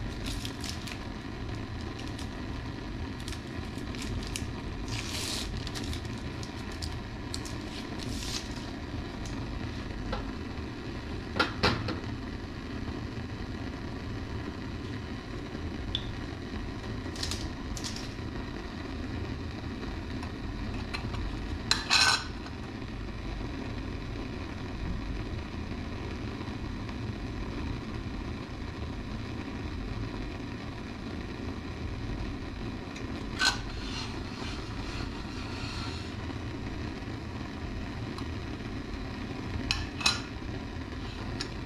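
Agar plates being prepared to a constant low hum, like a steady motor or fan running. Short clicks and clinks of handled items break through now and then, sharpest around 12, 22, 34 and 41 seconds.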